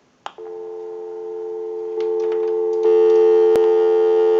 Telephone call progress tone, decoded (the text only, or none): dial tone